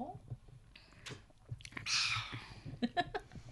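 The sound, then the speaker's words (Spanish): Quiet, wet sipping of a drink: a few short moist slurps and mouth clicks, with one longer airy slurp in the middle, followed by more soft smacks and gulps. “Uy, qué sorbitos. O sea, añadimos a la lista de sonidos los sorbitos y, madre mía, y los gustazos de beber.”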